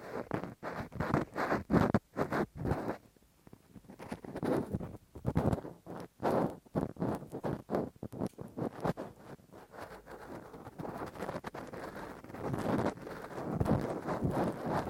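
Ear cleaning with a Q-tip and ear pick makes rough, scratchy rubbing in quick bursts, with rapid clicks and scrapes through the whole span. Strokes come in dense clusters with brief pauses near three and eleven seconds, carrying a deep muffled thump under the scratching.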